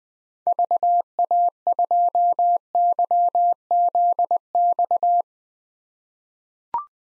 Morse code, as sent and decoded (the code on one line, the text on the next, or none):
...- .- ..--- -.-- --.. -..-
VA2YZX